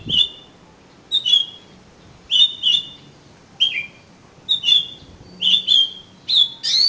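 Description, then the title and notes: Oriental magpie-robin song: short whistled phrases repeated about once a second, ending in a higher rising run. "suara kacer. kumpulan suara burung kacer"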